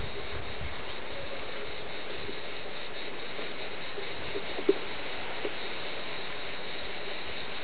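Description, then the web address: Cicada buzzing in a steady, high-pitched drone with faint rhythmic pulsing throughout, plus a few soft clicks in the background. Background ambience. "sons fonds cigale"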